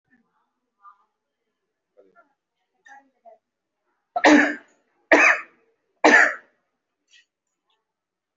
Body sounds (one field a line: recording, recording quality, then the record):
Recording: heavy voluntary cough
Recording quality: excellent, no background noise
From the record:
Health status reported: recovered from COVID-19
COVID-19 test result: positive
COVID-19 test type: RT-PCR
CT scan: taken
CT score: 0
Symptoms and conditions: cold, muscle pain, pneumonia, another respiratory illness, another condition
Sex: male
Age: 33 years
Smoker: no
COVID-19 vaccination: both doses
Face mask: worn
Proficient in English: yes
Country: India